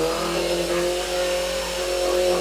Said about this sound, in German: Mann, kann der Idiot nicht mal aufhören zu bohren?